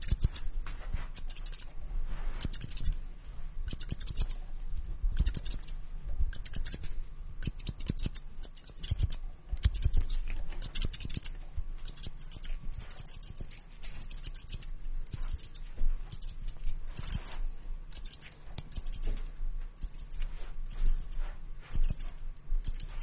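Scissors and a comb work in a simulated haircut, with quick crisp snips and scratchy strokes repeating every second or so throughout. The sounds are bright and dry, clustered in short bursts, over a faint low hum in the background.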